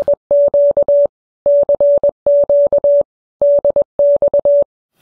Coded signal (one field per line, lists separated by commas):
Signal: Morse code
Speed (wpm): 21 wpm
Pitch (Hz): 570 Hz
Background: none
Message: EQ CQ DX